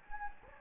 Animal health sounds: mosquito wingbeat signal from an infrared sensor; Anopheles gambiae

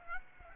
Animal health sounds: mosquito wingbeat signal from an infrared sensor; Aedes aegypti

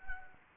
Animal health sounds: mosquito wingbeat signal from an infrared sensor; Anopheles gambiae

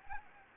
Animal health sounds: mosquito wingbeat signal from an infrared sensor; Anopheles gambiae

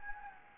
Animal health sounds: mosquito wingbeat signal from an infrared sensor; Anopheles gambiae

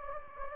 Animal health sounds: mosquito wingbeat signal from an infrared sensor; Anopheles gambiae

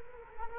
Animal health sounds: mosquito wingbeat signal from an infrared sensor; Culex quinquefasciatus

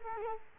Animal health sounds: mosquito wingbeat signal from an infrared sensor; Culex quinquefasciatus

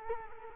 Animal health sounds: mosquito wingbeat signal from an infrared sensor; Culex quinquefasciatus

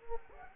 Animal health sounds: mosquito wingbeat signal from an infrared sensor; Anopheles gambiae

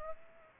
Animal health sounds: mosquito wingbeat signal from an infrared sensor; Aedes aegypti

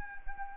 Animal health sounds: mosquito wingbeat signal from an infrared sensor; Anopheles arabiensis

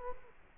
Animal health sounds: mosquito wingbeat signal from an infrared sensor; Culex quinquefasciatus

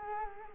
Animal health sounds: mosquito wingbeat signal from an infrared sensor; Culex quinquefasciatus

